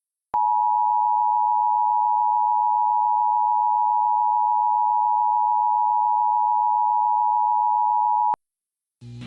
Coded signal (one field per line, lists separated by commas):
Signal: Emergency Alert System (SAME) tones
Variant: 853 and 960 Hz attention tone